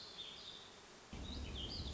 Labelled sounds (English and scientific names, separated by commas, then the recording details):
Warbling Vireo (Vireo gilvus)
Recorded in Sonoma County, California